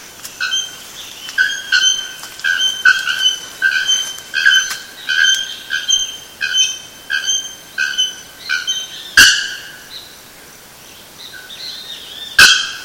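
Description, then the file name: Bare-throated bellbird calls: a rapid series of ringing, metallic notes with stacked harmonics, followed by two sharp, loud knocks. Recorded at Sítio Cachoeira, Mogi das Cruzes, São Paulo state, Brazil, dated 7-2-15. "Procnias-nudicollis-sitiocachoeira-Mogidas Cruzes SP-BR-7-2-15-ASilveira"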